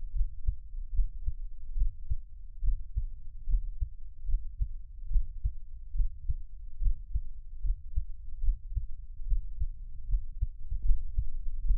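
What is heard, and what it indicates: Close-microphone Taiwanese ASMR of the creator's own adult heartbeat, heard as low thumps with no talking.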